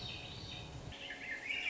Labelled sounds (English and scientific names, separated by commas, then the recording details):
Swainson's Thrush (Catharus ustulatus)
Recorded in Sonoma County, California